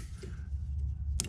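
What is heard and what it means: An electrical connector is plugged into the sensor on a JLT intake for a 2021+ Durango Hellcat, and its lock is pressed down. Over a low steady rumble, one very sharp, bright click lands at 1.2 s. The connector is seated.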